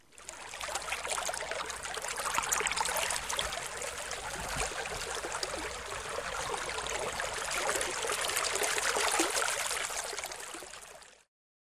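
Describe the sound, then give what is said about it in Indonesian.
Rippling river water flows steadily, a continuous bright hiss of splashing and trickling that swells slightly in the middle and end, with no voices. “Kalian bisa menyebutkan suara air sungai yang beriak-riak.”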